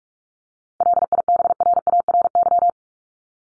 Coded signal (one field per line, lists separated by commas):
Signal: Morse code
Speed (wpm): 44 wpm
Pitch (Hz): 700 Hz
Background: none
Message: LIBRARY